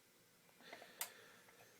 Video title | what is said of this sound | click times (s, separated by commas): Hitachi Roofing Nailer 45AB2 Discussion | So all you do is push and it clicks into place. | 1.0 s